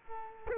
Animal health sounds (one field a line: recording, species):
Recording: mosquito wingbeat signal from an infrared sensor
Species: Culex quinquefasciatus